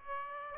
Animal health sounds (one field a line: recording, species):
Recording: mosquito wingbeat signal from an infrared sensor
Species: Aedes aegypti